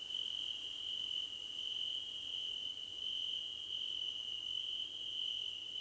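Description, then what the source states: Crickets: rapid very high pulses in long bursts, pausing briefly twice, over a continuous high trill. Several crickets chirping together, described as a choir competition.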